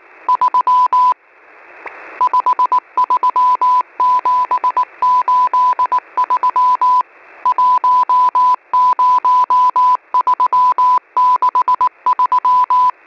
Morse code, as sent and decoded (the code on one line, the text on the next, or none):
...-- / ..... ...-- --... ---.. ...-- / .---- ----- ...-- -.... ...--
3 53783 10363